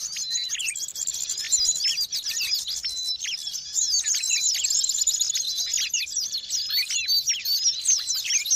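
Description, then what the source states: Many birds twitter together in a constant, crowded chatter of sharp high chirps and brief slurred whistles with no pauses. Long-duration sound of noisy, chattering birds, used for bird training and as a lure.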